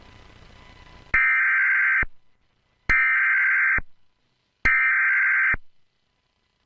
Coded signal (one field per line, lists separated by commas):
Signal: Emergency Alert System (SAME) tones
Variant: header bursts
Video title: An EAS Scenario #5 Kaden and Brombus